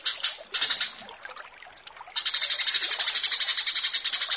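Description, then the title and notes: Horsfield's bush lark song: a short pulsed burst, a pause with a few thin high whistled notes, then a fast, even, buzzy pulsing trill. Bird-keeping song tutoring recording (masteran) of a branjangan, presented as branjangan versus burger. "Branjangan VS BURGER Masteran Mewah 1. burung BRANJANGAN"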